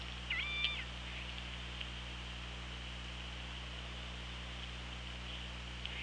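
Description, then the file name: Killer whale call, one short harmonic call with a flat then rising tone near the start, followed by steady underwater hiss and low hum. Recorded on a hydrophone at OrcaLab, 24 August 2017, 18:36. "Orca Lab UTLN JASON 20170824 183606"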